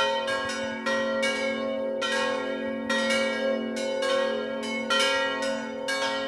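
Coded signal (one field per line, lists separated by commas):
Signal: bell signal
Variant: distesa ringing, three bells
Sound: several large church bells swinging and ringing in overlapping, continuous peals with long resonance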